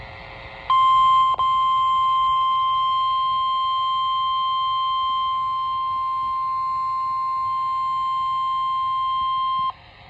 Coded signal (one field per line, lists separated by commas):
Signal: Emergency Alert System (SAME) tones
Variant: 1050 Hz attention tone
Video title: Required Weekly Test #1 (EAS #1)